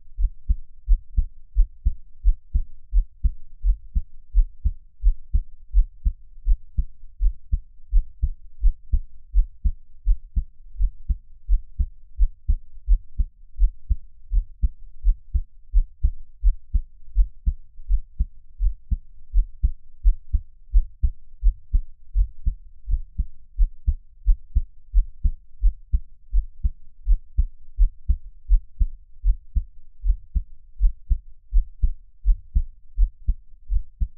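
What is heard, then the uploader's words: A heartbeat thumps steadily and evenly, very low, with regular paired beats at roughly a resting pace. Everything sits in the deep bass, muffled and dull, with no other sounds around it. 獻上我的心跳 | Give my Heartbeat | NO Talking.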